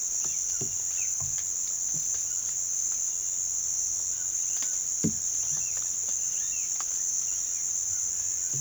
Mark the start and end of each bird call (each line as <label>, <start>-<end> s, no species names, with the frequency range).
bird call (0.8-3.6 kHz), 0.00-1.12 s
bird call (0.8-4.0 kHz), 4.39-6.72 s